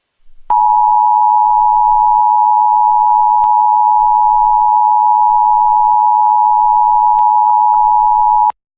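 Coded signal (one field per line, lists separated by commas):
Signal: Emergency Alert System (SAME) tones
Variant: 853 and 960 Hz attention tone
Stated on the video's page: Mock alert, simulated.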